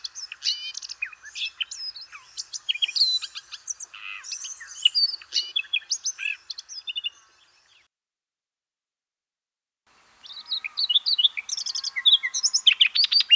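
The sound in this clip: Redthroat song of varied high chattering notes, stopping for about two seconds before a fresh rapid burst of sharp chirps.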